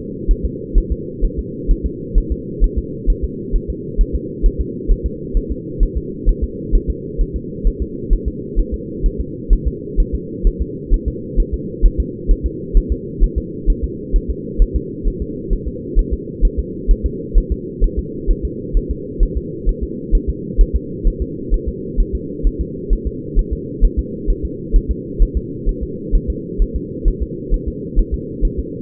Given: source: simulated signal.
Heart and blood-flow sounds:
fetal heart sounds
0.31 s: S1
0.45 s: S2
0.78 s: S1
0.92 s: S2
1.25 s: S1
1.39 s: S2
1.71 s: S1
1.86 s: S2
2.18 s: S1
2.32 s: S2
2.64 s: S1
2.78 s: S2
3.10 s: S1
3.25 s: S2
3.56 s: S1
3.70 s: S2
4.01 s: S1
4.15 s: S2
4.46 s: S1
4.61 s: S2
4.92 s: S1
5.06 s: S2
5.37 s: S1
5.52 s: S2
5.83 s: S1
5.97 s: S2
6.29 s: S1
6.44 s: S2
6.75 s: S1
6.90 s: S2
7.21 s: S1
7.36 s: S2
7.67 s: S1
7.82 s: S2
8.13 s: S1
8.28 s: S2
8.59 s: S1
8.74 s: S2
9.06 s: S1
9.20 s: S2
9.53 s: S1
9.68 s: S2
10.00 s: S1
10.15 s: S2
10.47 s: S1
10.62 s: S2
10.94 s: S1
11.08 s: S2
11.40 s: S1
11.54 s: S2
11.86 s: S1
12.00 s: S2
12.31 s: S1
12.46 s: S2
12.77 s: S1
12.92 s: S2
13.24 s: S1
13.38 s: S2
13.70 s: S1
13.84 s: S2
14.16 s: S1
14.31 s: S2
14.62 s: S1
14.76 s: S2
15.07 s: S1
15.22 s: S2
15.53 s: S1
15.68 s: S2
15.99 s: S1
16.13 s: S2
16.45 s: S1
16.59 s: S2
16.91 s: S1
17.06 s: S2
17.38 s: S1
17.52 s: S2
17.84 s: S1
17.99 s: S2
18.31 s: S1
18.45 s: S2
18.77 s: S1
18.91 s: S2
19.23 s: S1
19.37 s: S2
19.69 s: S1
19.83 s: S2
20.15 s: S1
20.30 s: S2
20.61 s: S1
20.76 s: S2
21.07 s: S1
21.22 s: S2
21.54 s: S1
21.68 s: S2
22.00 s: S1
22.15 s: S2
22.47 s: S1
22.61 s: S2
22.93 s: S1
23.07 s: S2
23.39 s: S1
23.53 s: S2
23.84 s: S1
23.99 s: S2
24.30 s: S1
24.45 s: S2
24.76 s: S1
24.91 s: S2
25.22 s: S1
25.37 s: S2
25.69 s: S1
25.83 s: S2
26.15 s: S1
26.30 s: S2
26.62 s: S1
26.76 s: S2
27.08 s: S1
27.22 s: S2
27.54 s: S1
27.68 s: S2
27.99 s: S1
28.14 s: S2
28.45 s: S1
28.59 s: S2
From the record:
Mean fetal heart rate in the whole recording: 130 bpm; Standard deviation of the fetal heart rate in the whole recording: 2 bpm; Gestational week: 38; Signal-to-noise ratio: -4.1 dB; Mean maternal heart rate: no maternal heart sound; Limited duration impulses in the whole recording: absent

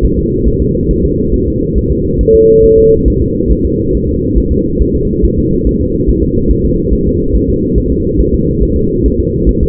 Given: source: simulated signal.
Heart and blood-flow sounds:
fetal heart sounds
0.05 s: S1
0.19 s: S2
0.48 s: S1
0.62 s: S2
0.91 s: S1
1.05 s: S2
1.34 s: S1
1.48 s: S2
1.78 s: S1
1.92 s: S2
2.21 s: S1
2.35 s: S2
2.64 s: S1
2.78 s: S2
3.08 s: S1
3.22 s: S2
3.51 s: S1
3.66 s: S2
3.95 s: S1
4.09 s: S2
4.38 s: S1
4.52 s: S2
4.81 s: S1
4.96 s: S2
5.25 s: S1
5.39 s: S2
5.67 s: S1
5.81 s: S2
6.09 s: S1
6.23 s: S2
6.51 s: S1
6.66 s: S2
6.93 s: S1
7.07 s: S2
7.35 s: S1
7.50 s: S2
7.78 s: S1
7.92 s: S2
8.20 s: S1
8.34 s: S2
8.63 s: S1
8.77 s: S2
9.06 s: S1
9.20 s: S2
9.49 s: S1
9.63 s: S2
From the record:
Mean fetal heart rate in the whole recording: 140 bpm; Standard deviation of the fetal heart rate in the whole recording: 2 bpm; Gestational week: 34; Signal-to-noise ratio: -10.2 dB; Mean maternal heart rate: 72 bpm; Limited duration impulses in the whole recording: present

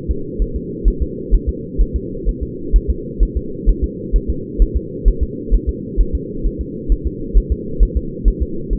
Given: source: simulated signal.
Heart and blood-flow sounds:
fetal heart sounds
0.11 s: S2
0.42 s: S1
0.56 s: S2
0.88 s: S1
1.02 s: S2
1.34 s: S1
1.49 s: S2
1.81 s: S1
1.96 s: S2
2.29 s: S1
2.43 s: S2
2.76 s: S1
2.90 s: S2
3.23 s: S1
3.37 s: S2
3.69 s: S1
3.84 s: S2
4.16 s: S1
4.30 s: S2
4.62 s: S1
4.77 s: S2
5.08 s: S1
5.23 s: S2
5.54 s: S1
5.69 s: S2
6.00 s: S1
6.15 s: S2
6.46 s: S1
6.61 s: S2
6.92 s: S1
7.07 s: S2
7.38 s: S1
7.52 s: S2
7.83 s: S1
7.97 s: S2
8.28 s: S1
8.42 s: S2
8.73 s: S1
From the record:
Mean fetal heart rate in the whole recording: 130 bpm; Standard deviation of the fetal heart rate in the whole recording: 2 bpm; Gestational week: 36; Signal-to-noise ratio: -4.3 dB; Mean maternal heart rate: 72 bpm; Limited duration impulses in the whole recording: absent

